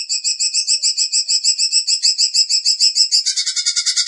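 Leafbird song: quick, repeated whistled chips in a fast regular rhythm, shifting to a harsher, buzzier chatter in the final second.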